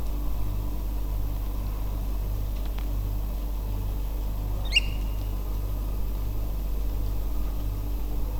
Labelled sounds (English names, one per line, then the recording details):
Eurasian Oystercatcher
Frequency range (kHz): Eurasian Oystercatcher 1.7-11.6 kHz
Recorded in France